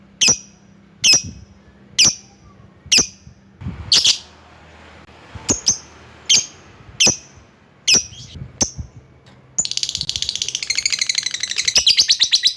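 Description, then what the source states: Lovebird calls: crisp high chirps repeated roughly every second, then continuous loud twittering chatter filling the final seconds. Lovebird calling a rival.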